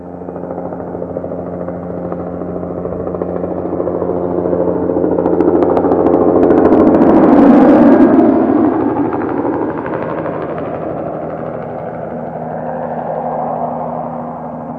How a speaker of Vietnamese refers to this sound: Tiếng trực thăng bay ào ào làm mọi người tỉnh giấc.